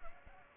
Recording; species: mosquito wingbeat signal from an infrared sensor; Culex pipiens